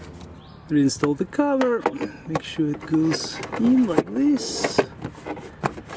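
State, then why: Seated. Someone talks while the plastic cabin air filter access cover behind the glove box of a 2018–2025 Toyota Camry is pushed back into its opening in the HVAC housing, after the new filter and its tray have been inserted. A sharp click sounds at 5.7 s as the cover snaps into place and seats.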